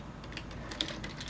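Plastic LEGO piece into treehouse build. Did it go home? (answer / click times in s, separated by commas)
no / none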